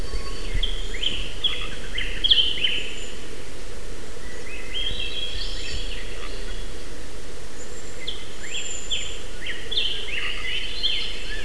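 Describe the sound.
Bird chirps and twittering notes in bursts at the start, middle and end, several quick high calls overlapping, over a constant low background hum.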